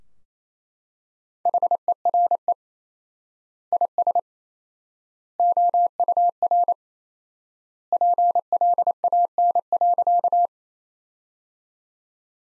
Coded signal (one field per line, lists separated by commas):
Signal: Morse code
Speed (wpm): 28 wpm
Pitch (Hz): 700 Hz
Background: none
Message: HERE IS OUR PLAN.